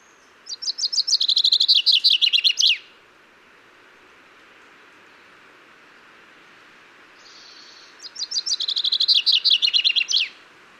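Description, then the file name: Common chaffinch singing two songs several seconds apart, each a fast cascade of bright notes dropping in pitch and finishing with a quick flourish. "Fringilla coelebs"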